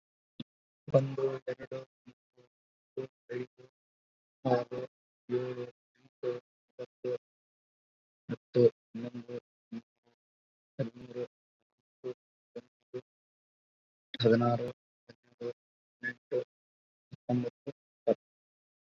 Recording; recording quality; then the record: counting at a normal pace; poor, much background noise or distortion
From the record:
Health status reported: COVID-19 positive, moderate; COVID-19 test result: positive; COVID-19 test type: RT-PCR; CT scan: not taken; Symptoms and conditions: cold, fever, fatigue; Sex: male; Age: 25 years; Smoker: no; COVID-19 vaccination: both doses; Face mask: worn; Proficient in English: no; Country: India